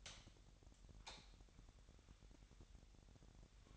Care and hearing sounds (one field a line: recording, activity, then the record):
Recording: daily activity, microphone in the room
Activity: light on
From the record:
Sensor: 3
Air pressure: 1011.9 hPa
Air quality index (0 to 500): 226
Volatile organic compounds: 4 ppm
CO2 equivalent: 1678 ppm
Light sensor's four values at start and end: 13/31/13/13 and 16/39/16/16